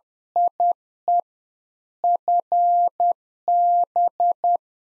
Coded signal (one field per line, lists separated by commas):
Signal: Morse code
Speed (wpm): 10 wpm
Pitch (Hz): 700 Hz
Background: none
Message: IE FB